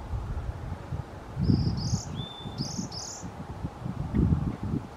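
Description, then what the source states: Varied tit giving one short series of high, slurred notes with a lower level whistle in the middle, above constant low-pitched rumble. Recorded on 4 March 2021.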